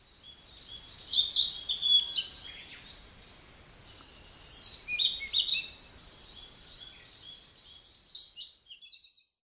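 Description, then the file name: Narcissus flycatcher singing high, bright warbled phrases of quick varied notes, two loud bursts followed by softer trailing notes, over a quiet background. Male, Japan. "kibitaki kosado"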